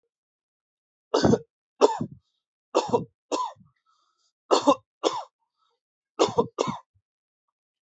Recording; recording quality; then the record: heavy voluntary cough; excellent, no background noise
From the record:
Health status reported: exposed to COVID-19, no respiratory illness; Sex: male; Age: 32 years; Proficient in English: yes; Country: India